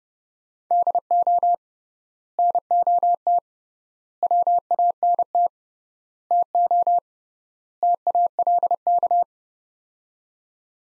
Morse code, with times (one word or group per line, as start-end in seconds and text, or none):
0.7-1.5 DO
2.4-3.4 NOT
4.2-5.5 WANT
6.3-7.0 TO
7.8-9.2 TALK